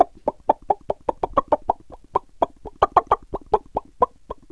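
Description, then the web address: Chicken clucking steadily, short abrupt clucks repeated rapidly, some louder and rougher than others, with no other sounds. "AKAI S-Series CD-ROM Sound Library VOL-1. ANIMAL CHICKEN"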